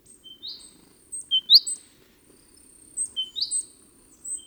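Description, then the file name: Great tit calls: a few rising whistled notes with high thin tones and ticks, over a soft hum. "Parus major"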